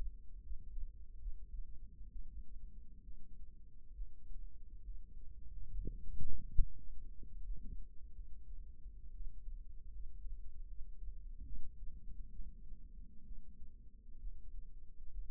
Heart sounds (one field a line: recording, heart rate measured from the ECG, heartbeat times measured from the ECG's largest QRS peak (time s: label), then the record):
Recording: heart sounds by microphone in the right ear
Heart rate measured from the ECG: 69 bpm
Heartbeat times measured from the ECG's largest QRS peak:
0.42 s: heartbeat
1.18 s: heartbeat
2.11 s: heartbeat
3.03 s: heartbeat
3.93 s: heartbeat
4.82 s: heartbeat
5.71 s: heartbeat
6.58 s: heartbeat
7.43 s: heartbeat
8.12 s: heartbeat
9.13 s: heartbeat
9.91 s: heartbeat
10.67 s: heartbeat
11.45 s: heartbeat
12.31 s: heartbeat
13.24 s: heartbeat
14.19 s: heartbeat
15.11 s: heartbeat
From the record:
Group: healthy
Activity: rest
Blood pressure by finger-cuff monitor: 135/70 mmHg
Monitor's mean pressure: 93 mmHg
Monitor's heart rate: 69 bpm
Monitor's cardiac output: 6.6 L/min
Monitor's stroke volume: 98 mL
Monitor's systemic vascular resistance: 1020 dyn s/cm5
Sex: female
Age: 37 years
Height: 168 cm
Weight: 70 kg